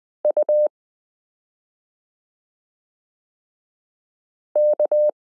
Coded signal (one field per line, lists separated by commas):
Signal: Morse code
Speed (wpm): 20 wpm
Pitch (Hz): 600 Hz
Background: none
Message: U K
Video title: Morse Code Listening Lesson 13 - k r s u a p t l o w i (.)period n